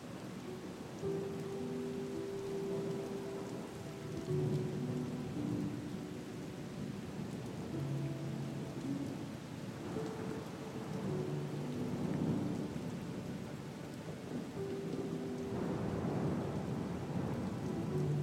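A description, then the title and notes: Soft, sustained music notes drift slowly over steady rain, with held low tones changing every second or two. Rumbling thunder swells beneath it around twelve and sixteen seconds. The rain hiss stays dense and even throughout, unbroken. Harmonious music that blends with the reassuring sound of thunder and rain. MUSIC, THUNDER, and RAIN.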